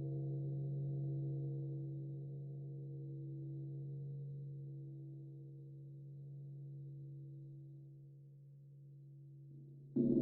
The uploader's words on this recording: Meditation Five Celestial Gongs.